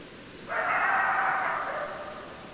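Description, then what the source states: Coyote chorus, a single bout of several overlapping wavering howls lasting about a second and a half, fading out over hiss. Several coyotes, recorded 10 December 2012.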